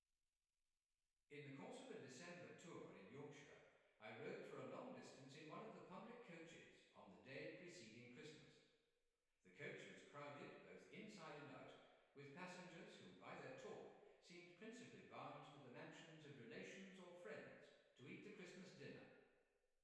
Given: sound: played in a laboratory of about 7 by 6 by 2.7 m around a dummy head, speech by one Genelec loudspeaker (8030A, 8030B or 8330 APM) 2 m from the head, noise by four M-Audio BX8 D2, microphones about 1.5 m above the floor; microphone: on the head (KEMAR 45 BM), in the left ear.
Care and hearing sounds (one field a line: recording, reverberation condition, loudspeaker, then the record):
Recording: male speech in English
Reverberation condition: high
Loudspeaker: 90 degrees to the right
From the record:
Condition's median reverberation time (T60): about 1300 ms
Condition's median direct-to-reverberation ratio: about -4.0 dB